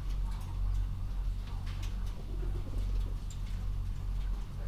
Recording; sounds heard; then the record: poultry house recording; healthy chickens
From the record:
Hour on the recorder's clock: 21